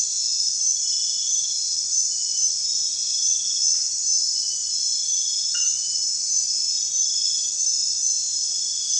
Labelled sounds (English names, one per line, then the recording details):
none
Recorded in secondary vegetation near Puerto Asís, Putumayo, Colombia, on 24 June 2025 at 02:00
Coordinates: 0.498, -76.327
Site GP09